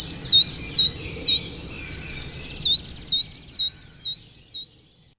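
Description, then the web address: Coal tit song with sharp, high two-part notes repeated in a rhythmic run, a pause, then a longer series fading at the end. "agykontroll Madardalok Cd 1. Fenyves cinege"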